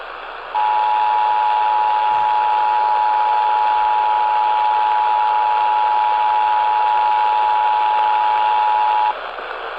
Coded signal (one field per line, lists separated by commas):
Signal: Emergency Alert System (SAME) tones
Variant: 853 and 960 Hz attention tone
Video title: Eas tor on wbap 820am Eas#829